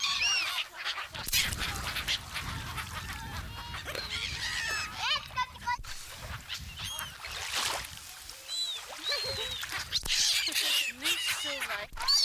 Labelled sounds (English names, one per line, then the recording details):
Black-headed Gull call
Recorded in the wild
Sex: group
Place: Kölpinsee, Insel Usedom, Mecklenburg-Vorpommern, DE
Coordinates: 54.035, 14.0311
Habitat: Baltic Sea, beach
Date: 1983-09-17 18:08
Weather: gusty south-westerly winds
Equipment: Nagra SN, Sennheiser MKH 416 T, Kopie Uher 4000 Report Monitor
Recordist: Tembrock, Günter